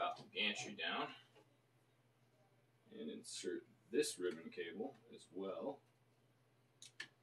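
A second flat ribbon cable is pushed into its connector on a Fokoos Odin 5 3D printer after the gantry is dropped down. Someone talks, then after a pause two short clicks are heard at 6.8 and 7.0 seconds as the cable seats.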